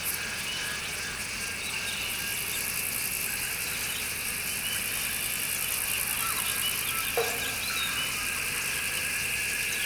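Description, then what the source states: Cicada giving a dense, continuous shrill buzz, with a brief sharp click late. Recorded in summer.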